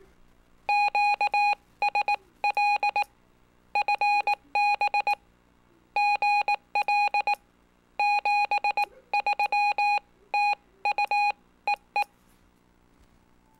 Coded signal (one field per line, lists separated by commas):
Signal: Morse code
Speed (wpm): 18 wpm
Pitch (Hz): 820 Hz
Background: none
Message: QSL FB GL 73 TU E E